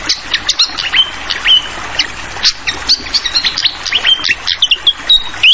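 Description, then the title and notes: Fantail singing a fast series of sharp chirps and brief level whistles, with a constant background of gurgling water. Clear-voiced song mixed with the sound of trickling water, used for tutoring songbirds (masteran). "Masteran Sikatan Kipas Suara Jernih Dan Suara Gemericik Air. Suara Burung Sikatan Londo"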